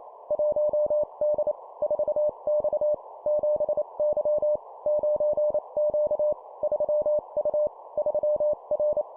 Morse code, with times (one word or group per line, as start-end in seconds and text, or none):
0.3-1.5 1D
1.8-2.9 4X
3.3-4.6 7Y
4.9-6.3 9Q
6.6-7.7 3U
8.0-9.0 3R